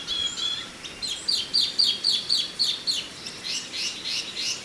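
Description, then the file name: Chinese hwamei singing a fast run of loud downslurred whistles, about four per second, ending in softer, hoarser notes. "suara alam hwamei mini"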